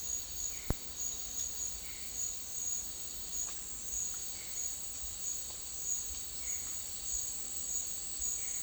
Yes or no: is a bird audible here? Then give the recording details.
no. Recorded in secondary vegetation near Puerto Asís, Putumayo, Colombia, on 12 March 2025 at 12:00. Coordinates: 0.499, -76.323. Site G094